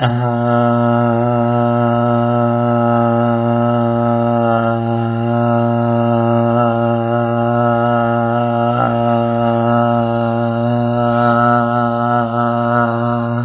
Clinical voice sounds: sustained vowel /a/; male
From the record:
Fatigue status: no fatigue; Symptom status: symptomatic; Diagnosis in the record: COVID-19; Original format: 3gp

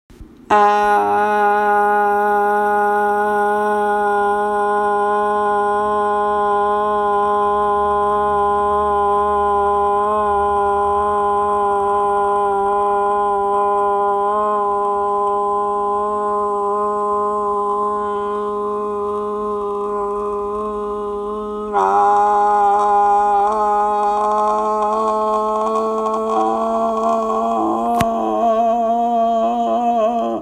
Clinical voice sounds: sustained vowel /a/; female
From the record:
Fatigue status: fatigue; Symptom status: symptomatic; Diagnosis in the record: COVID-19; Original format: m4a

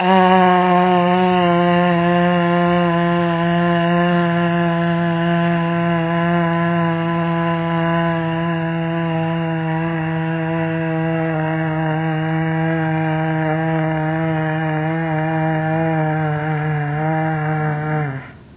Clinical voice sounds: sustained vowel /a/; female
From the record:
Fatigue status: fatigue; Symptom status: symptomatic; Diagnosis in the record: COVID-19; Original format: 3gp

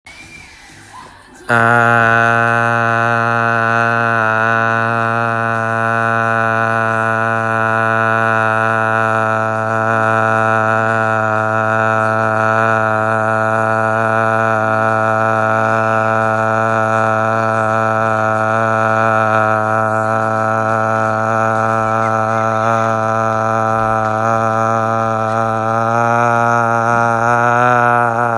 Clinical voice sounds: sustained vowel /a/; male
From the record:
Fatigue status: no fatigue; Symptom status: asymptomatic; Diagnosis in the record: COVID-19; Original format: m4a

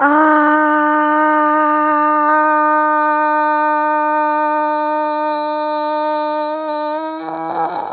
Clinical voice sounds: sustained vowel /a/; female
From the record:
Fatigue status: no fatigue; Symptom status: asymptomatic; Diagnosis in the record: COVID-19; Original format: m4a

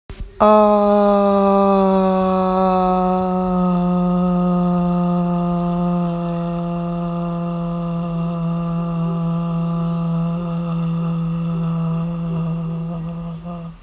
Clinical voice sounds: sustained vowel /a/; female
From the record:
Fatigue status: no fatigue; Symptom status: symptomatic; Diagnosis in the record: COVID-19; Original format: m4a

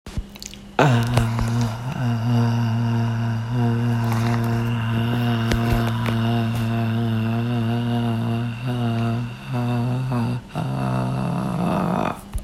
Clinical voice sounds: sustained vowel /a/; female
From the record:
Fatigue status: fatigue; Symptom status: symptomatic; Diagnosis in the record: COVID-19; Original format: m4a

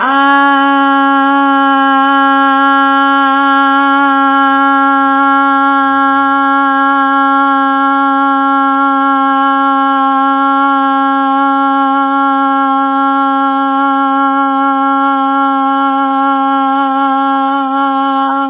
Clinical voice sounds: sustained vowel /a/; female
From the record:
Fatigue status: no fatigue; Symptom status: asymptomatic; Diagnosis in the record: COVID-19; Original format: 3gp

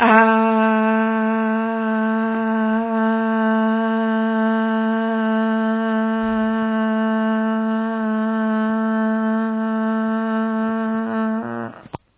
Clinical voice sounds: sustained vowel /a/; female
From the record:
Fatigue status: fatigue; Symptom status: symptomatic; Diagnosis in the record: COVID-19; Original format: 3gp

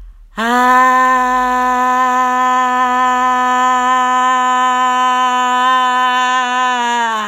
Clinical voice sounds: sustained vowel /a/; female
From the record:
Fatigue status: no fatigue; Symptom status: asymptomatic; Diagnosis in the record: COVID-19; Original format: m4a

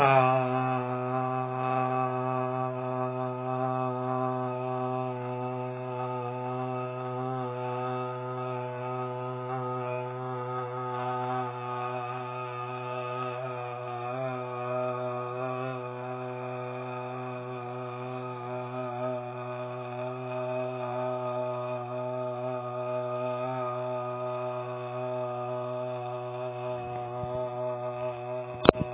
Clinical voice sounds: sustained vowel /a/; male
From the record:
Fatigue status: no fatigue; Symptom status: asymptomatic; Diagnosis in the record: COVID-19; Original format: 3gp

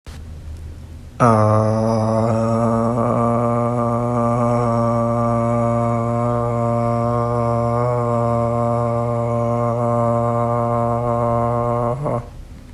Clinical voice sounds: sustained vowel /a/; male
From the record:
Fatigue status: no fatigue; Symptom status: symptomatic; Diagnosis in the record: COVID-19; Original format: m4a

